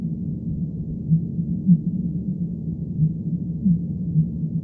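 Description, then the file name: Fin whale pulses, short low thumps rising out of a steady low rumble, about five spaced irregularly over several seconds. "B physalus"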